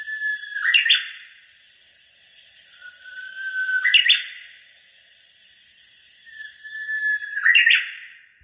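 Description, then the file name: Korean bush warbler song: three phrases about three seconds apart, each a long steady whistle that ends in a quick, bright flourish; quiet background. "휘파람새"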